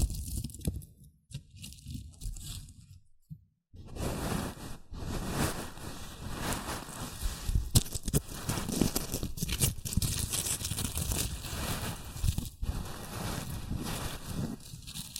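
Rustling and crinkling of shredded tissue and packing peanuts, sparse and quiet for the first few seconds with a near-silent gap around three seconds. From about four seconds the rustling becomes dense and continuous, a busy crackly texture with small sharp crinkles scattered throughout.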